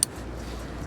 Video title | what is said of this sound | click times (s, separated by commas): Rictor S9 Electric Scooter - Full Review | wait for the click | 0.0 s